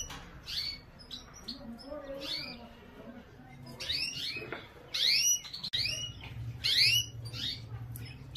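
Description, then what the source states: Domestic canary calls: short, high rising chirps in scattered bursts, loudest around the middle and near the end, over a low steady hum. Female.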